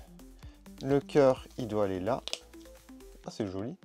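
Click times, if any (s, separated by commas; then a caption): none. A small plastic heart piece is handled against a Monster High doll accessory, with faint light taps under someone talking. The clip ends before the piece goes home, so nothing has clicked or seated yet.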